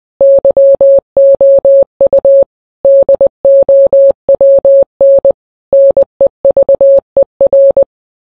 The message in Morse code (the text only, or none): YOU DOWN NEVER